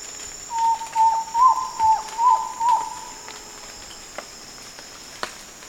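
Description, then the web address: Frog calls with six quick, even tonal notes over about three seconds, then quiet with only a couple of faint clicks. "chants hylmac"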